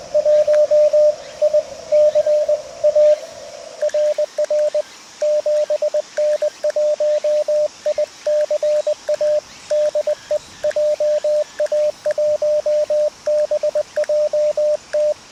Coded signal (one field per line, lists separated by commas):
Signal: Morse code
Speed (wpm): 20 wpm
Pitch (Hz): 600 Hz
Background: radio noise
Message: 1ICA RR 7N1ICA DE JA1BJT